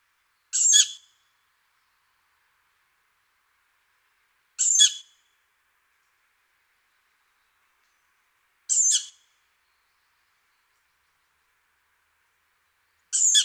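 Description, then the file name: Tawny owl repeating a short, wheezy hiss every four seconds, four calls in a row with stillness between them. "hulotte"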